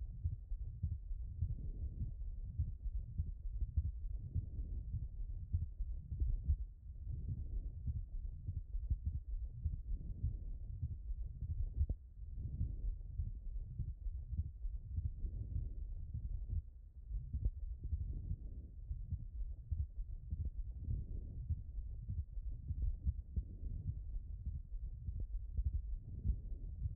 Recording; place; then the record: heart sounds by stethoscope; pulmonary valve (PV)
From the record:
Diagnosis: HFrEF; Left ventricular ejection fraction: 18%